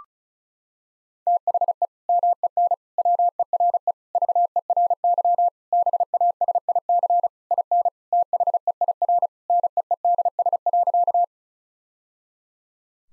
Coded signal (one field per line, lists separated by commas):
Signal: Morse code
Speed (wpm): 36 wpm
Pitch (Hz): 700 Hz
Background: none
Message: THE MEN WERE VERY BASIC IN THEIR NEEDS.